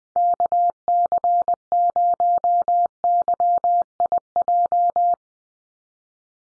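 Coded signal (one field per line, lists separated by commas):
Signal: Morse code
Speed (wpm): 20 wpm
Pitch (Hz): 700 Hz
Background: none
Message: KC0YIJ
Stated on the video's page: Head-copy drill of USA call signs sent at 20 wpm, each sent in Morse, then spoken, then sent again.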